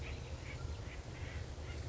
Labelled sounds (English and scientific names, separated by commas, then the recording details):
Acorn Woodpecker (Melanerpes formicivorus)
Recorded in Sonoma County, California